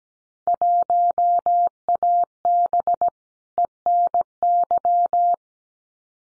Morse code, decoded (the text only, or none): 1AB ENY